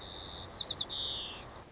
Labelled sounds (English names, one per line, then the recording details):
White-crowned Sparrow
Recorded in Sonoma County, California